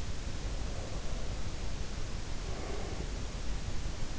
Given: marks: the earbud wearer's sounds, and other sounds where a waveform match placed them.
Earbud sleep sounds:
sounds in sleep by an in-ear microphone; breath
0.46-3.31 s: breath

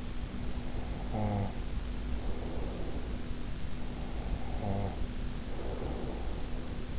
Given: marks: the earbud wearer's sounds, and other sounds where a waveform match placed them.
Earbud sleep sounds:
sounds in sleep by an in-ear microphone; snoring breath
0.27-3.48 s: snoring breath
3.71-6.99 s: snoring breath

